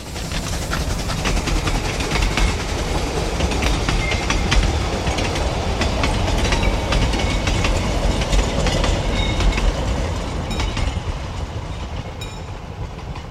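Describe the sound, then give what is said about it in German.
A train passing at 8:55 in cold weather rumbles by on the rails, a steady loud roar with rhythmic clicking of wheels over track joints and metallic rattling, holding strong throughout before easing slightly at the end. “Der Zug fährt hier 8:55 vorbei.”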